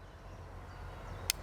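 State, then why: Seated. The leg angle selector on a carbon travel tripod is changed and the leg is moved down to a lower angle setting over a steady low rumble. A single sharp click sounds at 1.3 s as the selector engages the leg hinge detent, and the leg locks into place.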